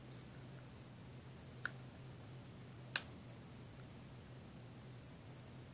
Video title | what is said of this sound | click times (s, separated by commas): Big News: I got Invisalign! My Experience, Treatment & Info | you may have heard it snap okay | 1.7 s, 3.0 s